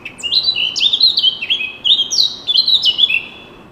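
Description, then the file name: Eurasian blackcap giving a continuous run of high warbling notes in quick succession. "Sylvia atricapilla"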